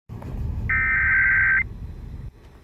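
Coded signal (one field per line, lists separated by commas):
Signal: Emergency Alert System (SAME) tones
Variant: header bursts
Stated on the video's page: Flash flood warning for southwestern Oklahoma County aired on a TV station, recorded with a Canon EOS Rebel SL3 camera and Rode VideoMic Pro.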